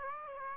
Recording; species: mosquito wingbeat signal from an infrared sensor; Aedes aegypti